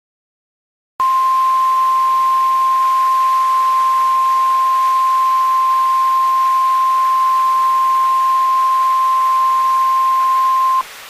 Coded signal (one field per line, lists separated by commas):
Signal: Emergency Alert System (SAME) tones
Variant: 1050 Hz attention tone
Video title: A Nuclear Missile EAS: "Tornado Warning"